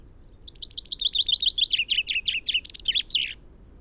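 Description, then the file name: Common chaffinch singing a bright run of repeated high notes that grows louder, closing with a short twisting end note. "Fringilla coelebs"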